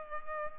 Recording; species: mosquito wingbeat signal from an infrared sensor; Culex pipiens